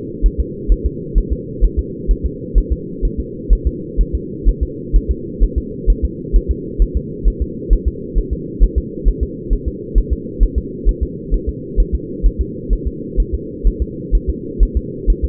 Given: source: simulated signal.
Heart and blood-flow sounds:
fetal heart sounds
0.26 s: S1
0.40 s: S2
0.72 s: S1
0.86 s: S2
1.18 s: S1
1.33 s: S2
1.64 s: S1
1.79 s: S2
2.11 s: S1
2.26 s: S2
2.58 s: S1
2.72 s: S2
3.05 s: S1
3.20 s: S2
3.53 s: S1
3.67 s: S2
4.01 s: S1
4.15 s: S2
4.49 s: S1
4.63 s: S2
4.96 s: S1
5.11 s: S2
5.43 s: S1
5.58 s: S2
5.90 s: S1
6.05 s: S2
6.36 s: S1
6.51 s: S2
6.82 s: S1
6.97 s: S2
7.28 s: S1
7.42 s: S2
7.73 s: S1
7.88 s: S2
8.18 s: S1
8.33 s: S2
8.63 s: S1
8.78 s: S2
9.08 s: S1
9.23 s: S2
9.53 s: S1
9.68 s: S2
9.98 s: S1
10.13 s: S2
10.43 s: S1
10.58 s: S2
10.89 s: S1
11.03 s: S2
11.34 s: S1
11.49 s: S2
11.80 s: S1
11.95 s: S2
12.26 s: S1
12.41 s: S2
12.73 s: S1
12.88 s: S2
13.20 s: S1
13.34 s: S2
13.67 s: S1
13.82 s: S2
14.15 s: S1
14.30 s: S2
14.63 s: S1
14.77 s: S2
15.10 s: S1
15.25 s: S2
From the record:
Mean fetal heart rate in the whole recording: 130 bpm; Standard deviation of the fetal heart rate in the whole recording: 2 bpm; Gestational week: 36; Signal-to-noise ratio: -4.1 dB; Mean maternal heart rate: no maternal heart sound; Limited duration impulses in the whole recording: absent

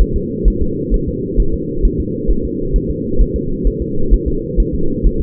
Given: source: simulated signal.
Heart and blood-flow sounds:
fetal heart sounds
0.01 s: S1
0.16 s: S2
0.48 s: S1
0.62 s: S2
0.94 s: S1
1.08 s: S2
1.40 s: S1
1.54 s: S2
1.85 s: S1
2.00 s: S2
2.31 s: S1
2.45 s: S2
2.76 s: S1
2.91 s: S2
3.22 s: S1
3.36 s: S2
3.67 s: S1
3.82 s: S2
4.14 s: S1
4.28 s: S2
4.60 s: S1
4.75 s: S2
5.06 s: S1
5.21 s: S2
From the record:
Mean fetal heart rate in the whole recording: 130 bpm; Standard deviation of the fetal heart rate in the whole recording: 2 bpm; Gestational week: 36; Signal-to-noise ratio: -8.1 dB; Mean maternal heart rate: 72 bpm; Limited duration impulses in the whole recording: absent

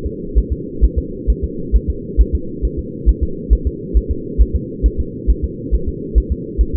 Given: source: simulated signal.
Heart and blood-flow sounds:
fetal heart sounds
0.06 s: S2
0.38 s: S1
0.53 s: S2
0.84 s: S1
0.99 s: S2
1.30 s: S1
1.44 s: S2
1.76 s: S1
1.90 s: S2
2.21 s: S1
2.35 s: S2
2.65 s: S1
2.79 s: S2
3.09 s: S1
3.23 s: S2
3.53 s: S1
3.67 s: S2
3.97 s: S1
4.11 s: S2
4.42 s: S1
4.56 s: S2
4.86 s: S1
5.00 s: S2
5.30 s: S1
5.44 s: S2
5.75 s: S1
5.89 s: S2
6.18 s: S1
6.32 s: S2
6.61 s: S1
6.75 s: S2
From the record:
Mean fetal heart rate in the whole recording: 135 bpm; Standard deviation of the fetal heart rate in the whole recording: 3 bpm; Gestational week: 34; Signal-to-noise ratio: -4.3 dB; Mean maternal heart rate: 72 bpm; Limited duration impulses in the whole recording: absent

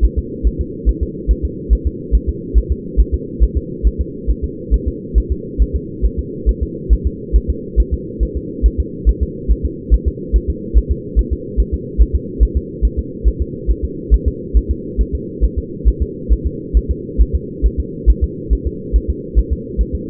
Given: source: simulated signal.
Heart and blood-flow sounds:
fetal heart sounds
0.05 s: S1
0.19 s: S2
0.47 s: S1
0.61 s: S2
0.89 s: S1
1.03 s: S2
1.31 s: S1
1.45 s: S2
1.73 s: S1
1.87 s: S2
2.15 s: S1
2.29 s: S2
2.58 s: S1
2.72 s: S2
3.00 s: S1
3.14 s: S2
3.43 s: S1
3.57 s: S2
3.87 s: S1
4.01 s: S2
4.30 s: S1
4.44 s: S2
4.74 s: S1
4.88 s: S2
5.18 s: S1
5.32 s: S2
5.62 s: S1
5.76 s: S2
6.05 s: S1
6.19 s: S2
6.49 s: S1
6.63 s: S2
6.93 s: S1
7.07 s: S2
7.36 s: S1
7.50 s: S2
7.80 s: S1
7.94 s: S2
8.23 s: S1
8.37 s: S2
8.66 s: S1
8.80 s: S2
9.09 s: S1
9.23 s: S2
9.51 s: S1
9.65 s: S2
9.94 s: S1
10.08 s: S2
10.36 s: S1
10.50 s: S2
10.77 s: S1
10.91 s: S2
11.19 s: S1
11.33 s: S2
11.60 s: S1
11.74 s: S2
12.01 s: S1
12.15 s: S2
12.43 s: S1
12.57 s: S2
12.85 s: S1
12.99 s: S2
13.28 s: S1
13.42 s: S2
13.71 s: S1
13.84 s: S2
14.14 s: S1
14.28 s: S2
14.57 s: S1
14.71 s: S2
15.01 s: S1
15.15 s: S2
15.44 s: S1
15.58 s: S2
15.88 s: S1
16.02 s: S2
16.33 s: S1
16.46 s: S2
16.77 s: S1
16.91 s: S2
17.21 s: S1
17.35 s: S2
17.66 s: S1
17.80 s: S2
18.10 s: S1
18.24 s: S2
18.53 s: S1
18.67 s: S2
18.96 s: S1
19.10 s: S2
19.39 s: S1
19.53 s: S2
19.81 s: S1
19.95 s: S2
From the record:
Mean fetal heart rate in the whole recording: 140 bpm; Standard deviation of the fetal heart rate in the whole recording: 2 bpm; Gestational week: 34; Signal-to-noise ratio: -4.1 dB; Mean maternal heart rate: no maternal heart sound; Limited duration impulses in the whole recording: absent

